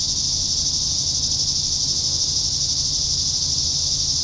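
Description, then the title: Cicadas droning in a continuous high, hissing buzz that holds level without pause. "neoscenes: cicadas"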